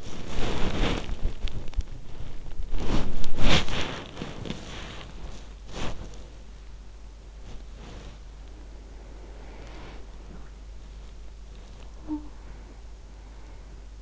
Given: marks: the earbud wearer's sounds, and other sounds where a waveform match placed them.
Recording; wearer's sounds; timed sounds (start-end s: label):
sounds in sleep by an in-ear microphone; body movement, talking in sleep
0.00-14.02 s: body movement
11.75-12.83 s: talking in sleep